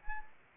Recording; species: mosquito wingbeat signal from an infrared sensor; Anopheles arabiensis